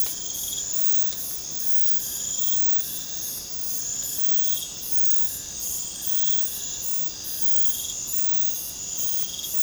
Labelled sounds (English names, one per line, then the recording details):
none
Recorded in secondary vegetation near Puerto Asís, Putumayo, Colombia, on 26 December 2024 at 04:30
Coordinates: 0.499, -76.323
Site G010